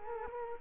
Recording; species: mosquito wingbeat signal from an infrared sensor; Culex quinquefasciatus